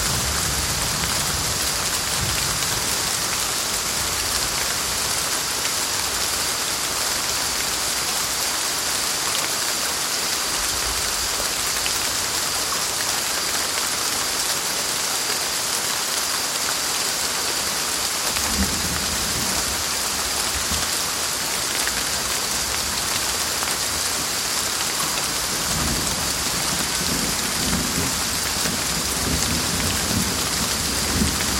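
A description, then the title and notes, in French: Heavy rain falls in a tropical forest storm, a dense, steady hiss that stays even throughout. A low rumble swells in the first few seconds, fades, then returns more strongly from about 18 seconds, rolling on with a deep, uneven murmur. Orage en foret tropicale - bruit brun.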